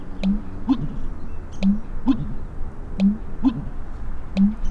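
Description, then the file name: American bittern giving deep, low gulping pulses in pairs, each pair about one and a half seconds apart, with faint higher ticks. "American Bittern - Botaurus lentiginosus"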